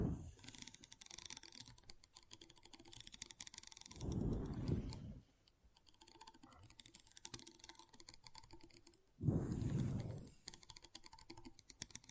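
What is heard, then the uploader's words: Magnetic tingles come as a rapid, dense run of sharp clicks and taps, like fast typing, continuing almost without pause. Twice, near 4 and 9 seconds, a louder, low rumbling swell lasts about a second before the crisp tapping resumes. ASMR Intense Magnetic Tingles (No Talking).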